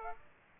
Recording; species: mosquito wingbeat signal from an infrared sensor; Aedes aegypti